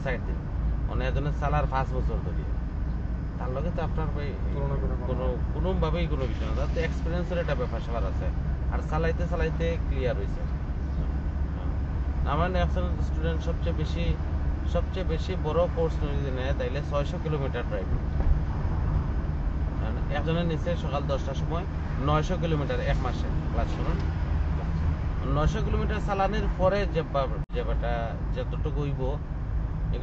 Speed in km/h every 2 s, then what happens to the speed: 17, 21, 24, 26, 26, 28, 28, 29, 29, 31, 31, 32, 32, 33, 35.
0-6 speeds up to 26. 6-30 steady at about 29.